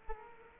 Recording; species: mosquito wingbeat signal from an infrared sensor; Culex quinquefasciatus